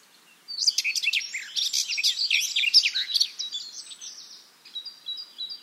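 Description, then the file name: Eurasian blackcap song, a rapid, jumbled warble of scratchy and clear notes lasting about three seconds, then softer, thin high notes trailing off. "Sylvia atricapilla"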